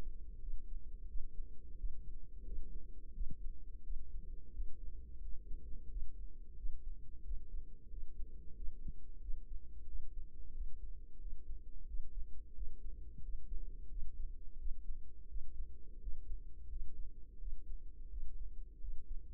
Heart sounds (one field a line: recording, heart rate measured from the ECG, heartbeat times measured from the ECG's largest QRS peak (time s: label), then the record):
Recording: heart sounds by microphone in the right ear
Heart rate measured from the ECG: 88 bpm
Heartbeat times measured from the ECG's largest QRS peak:
0.37 s: heartbeat
1.04 s: heartbeat
1.74 s: heartbeat
2.41 s: heartbeat
3.10 s: heartbeat
3.80 s: heartbeat
4.49 s: heartbeat
5.17 s: heartbeat
5.86 s: heartbeat
6.53 s: heartbeat
7.20 s: heartbeat
7.86 s: heartbeat
8.52 s: heartbeat
9.17 s: heartbeat
9.83 s: heartbeat
10.50 s: heartbeat
11.16 s: heartbeat
11.83 s: heartbeat
12.51 s: heartbeat
13.18 s: heartbeat
13.86 s: heartbeat
14.54 s: heartbeat
15.25 s: heartbeat
15.96 s: heartbeat
16.65 s: heartbeat
17.36 s: heartbeat
18.06 s: heartbeat
18.77 s: heartbeat
From the record:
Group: healthy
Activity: rest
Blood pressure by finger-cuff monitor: 119/69 mmHg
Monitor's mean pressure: 87 mmHg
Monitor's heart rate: 90 bpm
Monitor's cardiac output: 7.7 L/min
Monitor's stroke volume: 85 mL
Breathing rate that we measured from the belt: 20 breaths a minute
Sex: female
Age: 32 years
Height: 172 cm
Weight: 71.7 kg